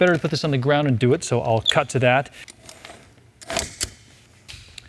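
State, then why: Seated. Someone talks, then pushes the center hub of a collapsible umbrella-style softbox until its support rods lock into the open position. Metal and plastic hub parts snap into place with a sharp click at 3.8 s, amid a few smaller handling clicks. The hub locks open and seats.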